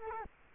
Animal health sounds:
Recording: mosquito wingbeat signal from an infrared sensor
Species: Culex quinquefasciatus

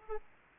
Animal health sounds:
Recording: mosquito wingbeat signal from an infrared sensor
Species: Aedes aegypti

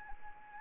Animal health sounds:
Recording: mosquito wingbeat signal from an infrared sensor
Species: Anopheles arabiensis

